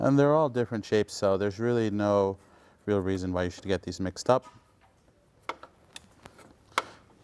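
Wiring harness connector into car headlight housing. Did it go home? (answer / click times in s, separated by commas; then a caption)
yes / 6.8 s. Someone talks, then small plastic ticks sound as plastic wiring harness electrical connectors are plugged into the rear of a BMW E46 M3 (2001–2006) headlight housing before it is reinstalled, during a headlight lens and seal replacement. A sharp click at 6.8 s marks a connector seated, the satisfying click wanted from each one.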